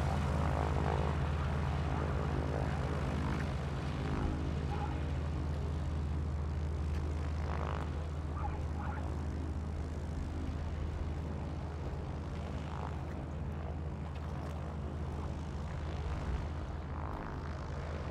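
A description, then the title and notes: A single-propeller piston bush plane runs steadily, its engine a dense, deep, throbbing drone that holds an even loudness for the whole stretch. Faint brief squeaks or clinks rise above it now and then, around the middle and near the end. De Havilland Canada DHC - 2 Beaver. Single prop, piston-driven, STOL bush plane.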